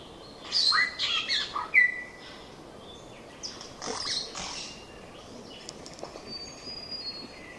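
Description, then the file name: Tooth-billed bowerbird calling: a quick burst of varied high chirps and whistled slurs, then scattered quieter harsh notes over steady background hiss. "Scenopoeetes Dentirostris"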